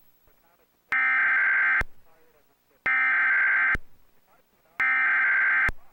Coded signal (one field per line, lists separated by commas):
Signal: Emergency Alert System (SAME) tones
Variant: header bursts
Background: speech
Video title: EAS Scenario: Golden Honkai Weeping God (Reposted)